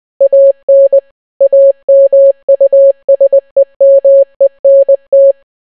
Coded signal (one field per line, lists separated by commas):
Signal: Morse code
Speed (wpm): 20 wpm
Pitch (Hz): 550 Hz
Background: none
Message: AN AMUSEMENT